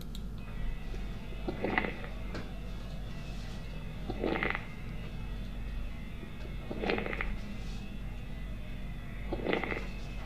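Four breaths come at about 23 per minute, each with a burst of bubbling, crackling noise over a low steady background hum, heard over an adult chest with a stethoscope. These are moist crackles (rales), a sign of fluid in the small airways.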